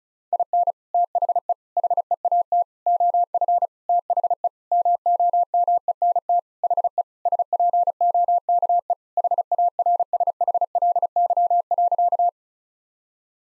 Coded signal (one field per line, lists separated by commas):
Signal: Morse code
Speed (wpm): 36 wpm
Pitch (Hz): 700 Hz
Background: none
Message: IN THE HEAT OF THE MOMENT HE SPOKE HARSHLY.